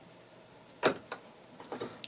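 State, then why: Seated. An insulation-displacement (IDC) connector is pressed onto ribbon cable wires by closing a vise, pushing the wires into the V contacts. A louder burst near 0.9 s and short ticks around 1.1 s, 1.6 s and 1.7 s come before a sharp click at 2.0 s, when the connector cover latches and the connector is seated.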